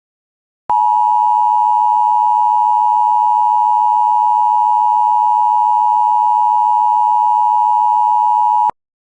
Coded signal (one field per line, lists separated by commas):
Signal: Emergency Alert System (SAME) tones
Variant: 853 and 960 Hz attention tone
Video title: Eas alerts